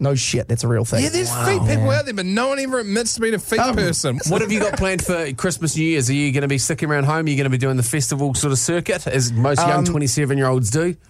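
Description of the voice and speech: Clear, fluent adult male radio host asking casual questions about holiday plans; ordinary speech with no disorder.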